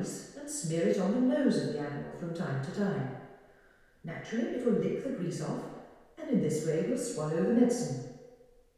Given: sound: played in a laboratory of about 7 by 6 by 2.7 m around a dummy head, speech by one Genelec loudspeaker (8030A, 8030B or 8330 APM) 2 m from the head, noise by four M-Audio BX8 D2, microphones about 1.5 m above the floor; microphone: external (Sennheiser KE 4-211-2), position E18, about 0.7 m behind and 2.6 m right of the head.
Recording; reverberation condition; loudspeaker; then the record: female speech in English; high; 120 degrees to the left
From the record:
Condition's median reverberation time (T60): about 1300 ms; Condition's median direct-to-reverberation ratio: about -4.0 dB